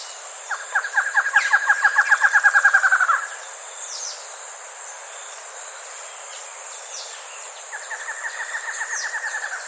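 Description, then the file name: Bird giving a rapid trill of short pulses lasting about three seconds, then a second softer trill near the end, with faint high chirps and a steady high hum. "SABIOD 50 bird 2015"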